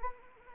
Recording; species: mosquito wingbeat signal from an infrared sensor; Anopheles arabiensis